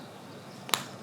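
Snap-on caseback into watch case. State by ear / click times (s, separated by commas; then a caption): seated / 0.7 s. The snap-on caseback of a vintage Grand Seiko "First" wristwatch with a raised logo dial is pressed back onto the case by hand, with its opening notch placed near the lion's feet. After quiet background, a faint tick comes just before a single sharp, bright snap at 0.7 s. The caseback snaps home and is seated.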